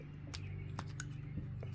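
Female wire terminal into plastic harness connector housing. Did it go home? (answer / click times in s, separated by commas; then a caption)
yes / 0.8 s, 1.0 s. A female crimp terminal, with its locking tab bent back up, is slid into the plastic connector body of a classic Pontiac Firebird wiring harness over a steady low hum. Sharp clicks at 0.8 s and 1.0 s mark the terminal seating and locking in place.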